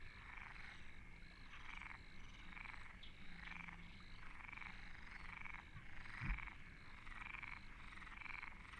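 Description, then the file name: Frogs croaking in a dense chorus, bursts of rattling pulses overlapping, with a steady high hum and a few low thumps. Frogs at Deltebre in the Ebro Delta. "Postpaisatge Granotes Deltebre"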